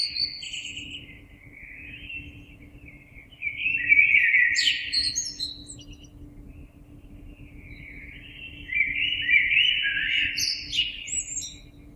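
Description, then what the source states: Common blackbird song: several rich warbling verses, each closing in a squeaky high flourish, with quieter gaps between them; low background hum. Recorded 26 April 2022.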